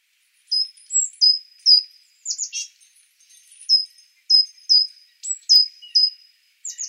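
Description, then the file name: Great tit calls: a series of high, pure whistled notes with a sharp start and a level tail, plus a few harsher, buzzy notes. "Parus major"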